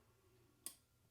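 The declumper of a Mazzer Major V Electronic coffee grinder is swung back in and closed into the grinder chute. A single sharp click is heard at 0.7 seconds against a quiet, steady background. The declumper is seated closed.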